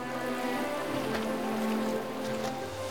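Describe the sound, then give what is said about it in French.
Water sloshes and splashes as a man swims around a boat, with a few soft splashy bursts over a steady low tonal hum and a constant wash of background noise; no voices. “Robinson fait le tour du bateau à la nage.”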